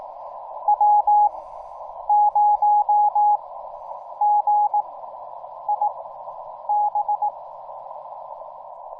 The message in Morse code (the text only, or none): W0GIB